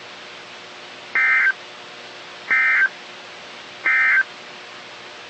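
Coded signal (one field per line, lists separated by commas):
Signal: Emergency Alert System (SAME) tones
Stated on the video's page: Severe thunderstorm outbreak alerts from NOAA Weather Radio stations in Fort Worth, Dallas, Waco, Tyler and Tomball, Texas.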